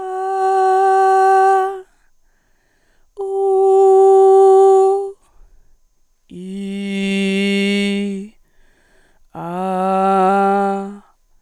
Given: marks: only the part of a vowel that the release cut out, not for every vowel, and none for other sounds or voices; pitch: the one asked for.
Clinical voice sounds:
sustained vowels; female; 20 to 29 years; 0; 0; 0
0.40-1.60 s: vowel /a/, high pitch
3.52-4.89 s: vowel /u/, high pitch
6.89-8.13 s: vowel /i/, low pitch
9.58-10.80 s: vowel /a/, low pitch
From the record:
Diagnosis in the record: healthy voice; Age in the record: 25 years

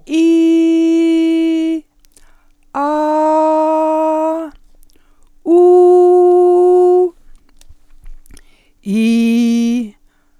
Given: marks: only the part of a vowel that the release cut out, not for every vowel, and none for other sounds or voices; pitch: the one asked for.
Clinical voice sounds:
sustained vowels; female; 60 to 69 years; 0; 0; 0
0.23-1.67 s: vowel /i/, high pitch
2.84-3.71 s: vowel /a/, high pitch
5.59-6.94 s: vowel /u/, high pitch
9.01-9.75 s: vowel /i/, low pitch
From the record:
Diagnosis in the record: healthy voice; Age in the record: 61 years

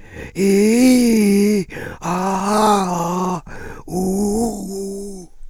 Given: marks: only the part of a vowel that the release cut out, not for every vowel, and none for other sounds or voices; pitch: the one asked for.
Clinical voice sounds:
sustained vowels; male; 60 to 69 years; 3; 3; 3
0.51-1.52 s: vowel /i/, low-high-low pitch
2.20-3.23 s: vowel /a/, low-high-low pitch
4.00-4.98 s: vowel /u/, low-high-low pitch
From the record:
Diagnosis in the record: frontolateral partial laryngectomy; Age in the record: 67 years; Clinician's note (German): Zustand nach Hemilaryngektomie, unvollständige Kompensation

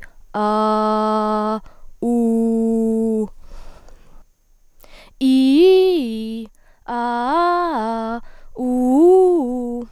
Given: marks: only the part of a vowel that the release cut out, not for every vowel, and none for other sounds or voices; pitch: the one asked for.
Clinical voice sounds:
sustained vowels; female; 20 to 29 years; 0; 0; 0
0.46-1.48 s: vowel /a/, low pitch
2.16-3.12 s: vowel /u/, low pitch
5.33-6.35 s: vowel /i/, low-high-low pitch
7.01-8.05 s: vowel /a/, low-high-low pitch
8.69-9.76 s: vowel /u/, low-high-low pitch
From the record:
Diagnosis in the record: healthy voice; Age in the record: 20 years

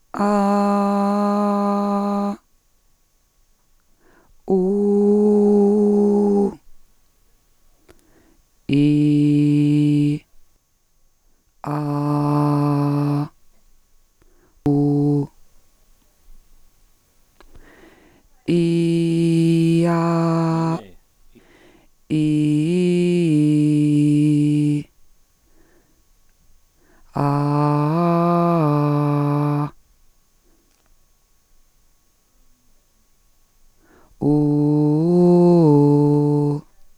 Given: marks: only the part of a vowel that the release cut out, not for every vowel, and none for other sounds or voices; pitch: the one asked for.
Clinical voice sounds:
sustained vowels; female; 40 to 49 years; 2; 2; 2
0.26-2.25 s: vowel /a/, high pitch
4.58-6.41 s: vowel /u/, high pitch
8.78-10.08 s: vowel /i/, low pitch
11.74-13.17 s: vowel /a/, low pitch
14.70-15.20 s: vowel /u/, low pitch
22.21-24.67 s: vowel /i/, low-high-low pitch
27.29-29.53 s: vowel /a/, low-high-low pitch
34.33-36.45 s: vowel /u/, low-high-low pitch
From the record:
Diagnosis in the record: dysphonia, Reinke's edema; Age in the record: 44 years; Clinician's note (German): Organisch-funktionelle Dysphonie, ponogene Belastung

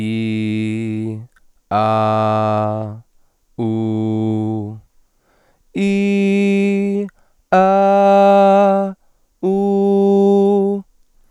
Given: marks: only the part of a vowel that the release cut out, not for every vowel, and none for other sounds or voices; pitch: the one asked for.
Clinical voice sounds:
sustained vowels; male; 30 to 39 years; 0; 0; 0
0.00-1.06 s: vowel /i/, normal pitch
1.82-2.76 s: vowel /a/, normal pitch
3.73-4.61 s: vowel /u/, normal pitch
5.98-6.86 s: vowel /i/, high pitch
7.70-8.72 s: vowel /a/, high pitch
9.60-10.65 s: vowel /u/, high pitch
From the record:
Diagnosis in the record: healthy voice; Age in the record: 31 years

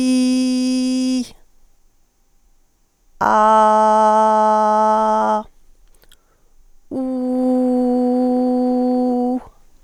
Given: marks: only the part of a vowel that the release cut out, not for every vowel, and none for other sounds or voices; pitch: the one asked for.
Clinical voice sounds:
sustained vowels; female; 60 to 69 years; 0; 0; 0
0.00-1.16 s: vowel /i/, normal pitch
3.41-5.26 s: vowel /a/, normal pitch
7.44-9.30 s: vowel /u/, normal pitch
From the record:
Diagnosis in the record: psychogenic dysphonia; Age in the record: 60 years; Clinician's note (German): Zustand nach psychogener Aphonie

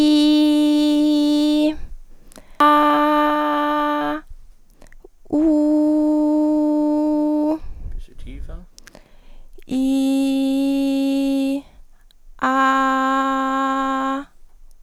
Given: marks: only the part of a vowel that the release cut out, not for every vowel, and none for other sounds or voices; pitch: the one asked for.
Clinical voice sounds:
sustained vowels; female; 20 to 29 years; 1; 0; 0
0.00-1.49 s: vowel /i/, normal pitch
2.80-3.89 s: vowel /a/, normal pitch
5.52-7.32 s: vowel /u/, normal pitch
9.98-11.41 s: vowel /i/, low pitch
12.65-13.99 s: vowel /a/, low pitch
From the record:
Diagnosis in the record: healthy voice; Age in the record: 20 years

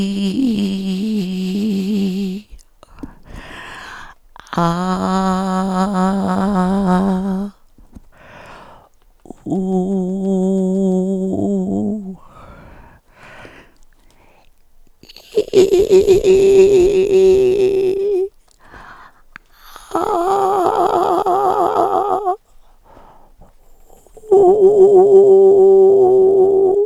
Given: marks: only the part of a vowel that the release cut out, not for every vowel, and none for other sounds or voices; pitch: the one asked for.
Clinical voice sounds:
sustained vowels; female; 60 to 69 years; 2; 2; 0
0.00-2.19 s: vowel /i/, normal pitch
4.68-6.80 s: vowel /a/, normal pitch
9.74-11.79 s: vowel /u/, normal pitch
16.62-17.50 s: vowel /i/, high pitch
24.47-26.55 s: vowel /u/, high pitch
From the record:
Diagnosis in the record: psychogenic dysphonia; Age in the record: 64 years

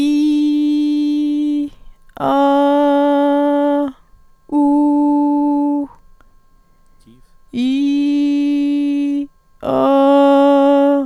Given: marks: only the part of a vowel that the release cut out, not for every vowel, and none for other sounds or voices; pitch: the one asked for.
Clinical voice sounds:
sustained vowels; female; 20 to 29 years; 0; 0; 0
0.00-1.56 s: vowel /i/, normal pitch
2.35-3.77 s: vowel /a/, normal pitch
4.61-5.76 s: vowel /u/, normal pitch
7.64-9.13 s: vowel /i/, high pitch
9.77-10.93 s: vowel /a/, high pitch
From the record:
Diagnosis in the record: healthy voice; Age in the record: 28 years

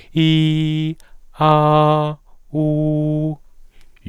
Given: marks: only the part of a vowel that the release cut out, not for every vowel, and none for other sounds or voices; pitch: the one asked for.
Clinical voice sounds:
sustained vowels; male; 40 to 49 years; 0; 0; 0
0.22-0.85 s: vowel /i/, high pitch
1.52-2.05 s: vowel /a/, high pitch
2.60-3.26 s: vowel /u/, high pitch
From the record:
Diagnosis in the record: dysphonia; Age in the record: 41 years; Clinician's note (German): Transsexuell

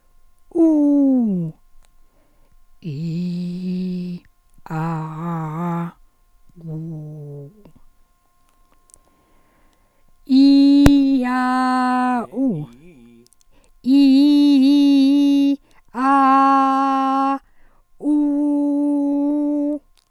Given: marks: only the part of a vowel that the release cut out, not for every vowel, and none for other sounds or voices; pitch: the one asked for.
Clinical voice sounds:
sustained vowels; female; 60 to 69 years; 2; 1; 2
0.68-1.27 s: vowel /u/, high pitch
3.02-4.09 s: vowel /i/, low pitch
4.77-5.80 s: vowel /a/, low pitch
6.70-7.36 s: vowel /u/, low pitch
14.07-15.39 s: vowel /i/, low-high-low pitch
16.07-17.30 s: vowel /a/, low-high-low pitch
18.17-19.71 s: vowel /u/, low-high-low pitch
From the record:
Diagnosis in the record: functional dysphonia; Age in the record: 63 years

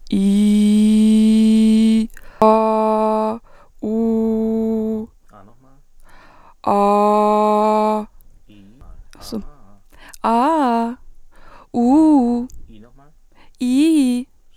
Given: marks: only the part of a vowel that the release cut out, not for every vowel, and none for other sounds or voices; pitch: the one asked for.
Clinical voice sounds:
sustained vowels; female; 20 to 29 years; 0; 0; 0
0.25-1.93 s: vowel /i/, low pitch
2.46-3.28 s: vowel /a/, low pitch
3.91-4.96 s: vowel /u/, low pitch
10.29-10.85 s: vowel /a/, low-high-low pitch
11.80-12.37 s: vowel /u/, low-high-low pitch
13.65-14.17 s: vowel /i/, low-high-low pitch
From the record:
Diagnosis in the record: healthy voice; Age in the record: 26 years

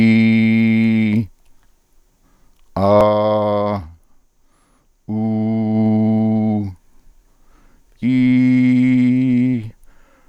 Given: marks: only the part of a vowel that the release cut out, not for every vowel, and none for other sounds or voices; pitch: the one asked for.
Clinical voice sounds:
sustained vowels; male; 50 to 59 years; 1; 1; 0
0.00-0.84 s: vowel /i/, normal pitch
3.05-3.69 s: vowel /a/, normal pitch
5.17-6.50 s: vowel /u/, normal pitch
8.10-9.51 s: vowel /i/, high pitch
From the record:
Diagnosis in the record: Reinke's edema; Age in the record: 58 years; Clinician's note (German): Rechts, Zustand nach Abtragung, sehr unregelmäßige Konfiguration, alte Rec.par. links

